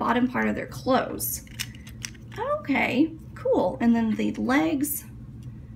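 Someone talks while handling the plastic legs of a small toy figure, getting ready to hook them into the upper body piece, with a few faint, brief plastic taps between 1.6 and 2.2 seconds. The legs have not yet seated or clicked into place by the end of the clip.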